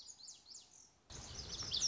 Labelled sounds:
Lazuli Bunting (Passerina amoena)
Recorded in Sonoma County, California

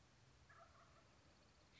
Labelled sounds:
Wild Turkey (Meleagris gallopavo)
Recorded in Sonoma County, California

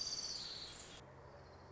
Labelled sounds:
Orange-crowned Warbler (Leiothlypis celata)
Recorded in Sonoma County, California

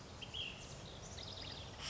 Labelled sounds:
Ash-throated Flycatcher (Myiarchus cinerascens)
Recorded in Sonoma County, California

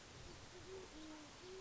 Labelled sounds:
Great Horned Owl (Bubo virginianus)
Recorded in Sonoma County, California

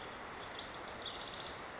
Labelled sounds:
House Wren (Troglodytes aedon)
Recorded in Sonoma County, California

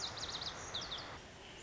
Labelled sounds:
Lazuli Bunting (Passerina amoena)
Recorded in Sonoma County, California

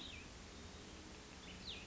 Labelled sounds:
Cassin's Vireo (Vireo cassinii)
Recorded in Sonoma County, California

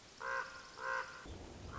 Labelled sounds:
Common Raven (Corvus corax)
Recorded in Sonoma County, California

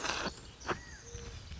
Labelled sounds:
Pacific Wren (Troglodytes pacificus)
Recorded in Sonoma County, California

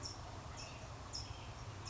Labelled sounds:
California Towhee (Melozone crissalis)
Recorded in Sonoma County, California

